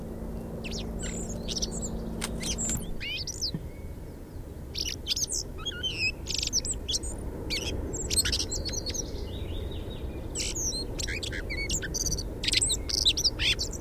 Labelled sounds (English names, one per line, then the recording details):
Common Blackbird song
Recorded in the wild
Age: adult
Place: Erlangen, Bayern, DE
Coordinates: 49.6028, 10.9819
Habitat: edge of the woods
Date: 1965
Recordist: Tretzel, Erwin
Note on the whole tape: Erlangen, Möhrendorfer Str. Aggressionsgesang mit Imitationen. Ungenaue Datumsangabe Mai 65